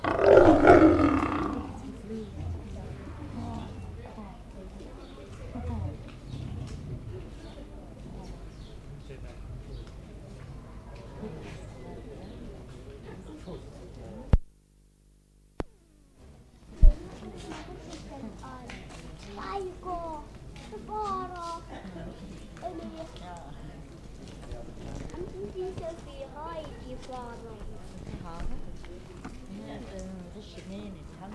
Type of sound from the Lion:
call